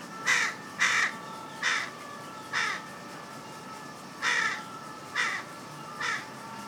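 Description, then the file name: Carrion crow calling with seven short, rasping caws in an uneven series, with one quick pair at the start, and a faint steady hum running underneath. "Corvus corone"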